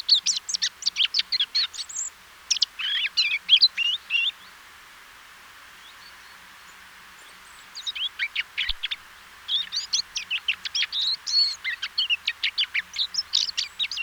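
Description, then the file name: Eurasian blackcap song in two bursts, a lively chattering warble for about four seconds, a gap of silence, then the quick varied phrases resume. "Sylvia atricapilla"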